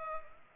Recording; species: mosquito wingbeat signal from an infrared sensor; Culex pipiens